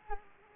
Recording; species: mosquito wingbeat signal from an infrared sensor; Culex quinquefasciatus